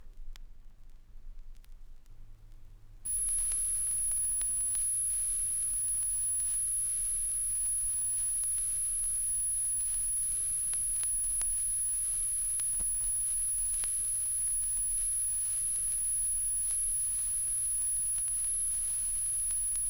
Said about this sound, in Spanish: Por último, aquí tenemos un sonido agudo. Recuerde que mientras lo oye usted, el aire de la sala está vibrando 10.000 veces cada segundo, pues su frecuencia es de 10.000 hercios.